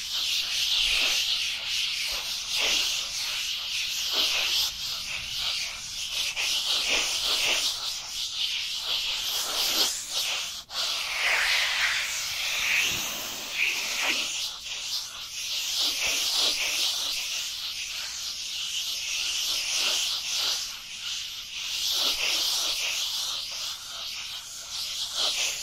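Dry hands rubbing together in a steady, continuous rasping hiss, bright and papery with almost nothing low. The strokes come in quick repeated swells with no real pauses, and a few sharper scuffs stand out, around ten and thirteen seconds.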